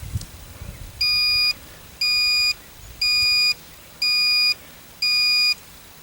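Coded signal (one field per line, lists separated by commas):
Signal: beep code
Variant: Missile Works rocket altimeter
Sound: five evenly spaced, equal half-second high beeps, one each second, over faint background noise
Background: outdoor background noise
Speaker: what it's beeping out now is the last altitude of the last flight now this thing hasn't flown yet so that's the the testing that missile works did on the altimeter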